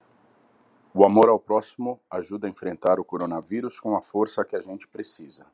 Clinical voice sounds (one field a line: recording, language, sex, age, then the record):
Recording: spoken sentence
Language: Brazilian Portuguese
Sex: male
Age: 40 to 49 years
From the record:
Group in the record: control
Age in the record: 43 years